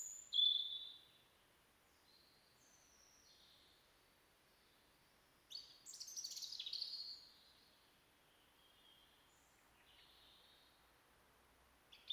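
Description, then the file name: European robin song: brief high, thin warbled phrases with quieter stretches of faint notes between them, over a faint steady background hiss. "Erithacus rubecula"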